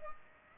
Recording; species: mosquito wingbeat signal from an infrared sensor; Culex pipiens